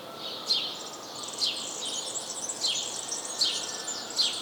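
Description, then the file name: House sparrow chirps, quick bright notes repeated at uneven intervals. "Passer domesticus"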